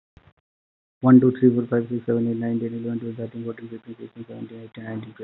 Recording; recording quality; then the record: counting at a fast pace; moderate, slight background noise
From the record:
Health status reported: healthy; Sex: male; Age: 28 years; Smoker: yes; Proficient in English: yes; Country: India